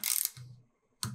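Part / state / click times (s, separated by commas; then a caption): torque wrench on bicycle stem clamp bolt / torque reached / 1.0 s. A torque wrench set to 4 Nm tightens the second stem clamp bolt on a Yoshimura ENDH bicycle stem, with a quick burst of ratcheting over the first 0.3 s followed by a faint low hum. At 1.0 s the wrench gives a sharp click, confirming that the bolt has reached its set torque.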